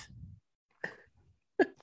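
Two short, sharp cough bursts about 0.8 seconds apart, heard faintly from the background with a low hum before them. These are isolated coughs from a child.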